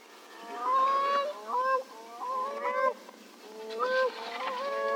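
Bird giving nasal, honking calls with rich harmonics, several drawn-out notes bending up and down, over a constant background hiss.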